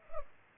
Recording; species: mosquito wingbeat signal from an infrared sensor; Culex pipiens